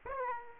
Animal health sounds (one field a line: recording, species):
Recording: mosquito wingbeat signal from an infrared sensor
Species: Aedes aegypti